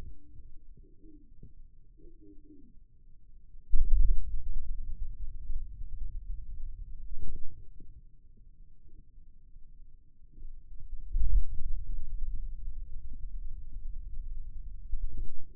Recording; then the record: forearm muscle sounds (acoustic myography)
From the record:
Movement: radial deviation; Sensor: system 2, bracelet of six BSWA MPA416 microphones around the upper forearm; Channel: 2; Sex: male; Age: 22 years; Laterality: right